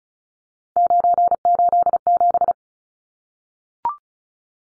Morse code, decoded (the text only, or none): 987